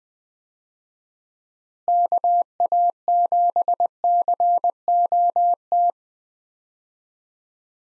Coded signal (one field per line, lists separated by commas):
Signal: Morse code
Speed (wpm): 20 wpm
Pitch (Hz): 700 Hz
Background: none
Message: KA7COT